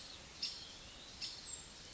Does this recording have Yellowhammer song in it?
no